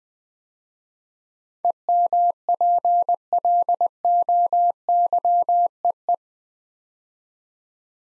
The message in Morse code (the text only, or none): EMPLOYEE